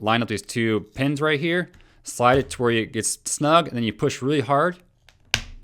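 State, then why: Seated. Someone talks while a SENA Talkie two-way radio unit is lined up on two pins of a rubber-gripped mount on a paddle shaft, slid until snug, then pushed hard. A sharp click at 5.3 seconds marks it seating, leaving the radio super snug on the mount so it won't come off while paddling on the water.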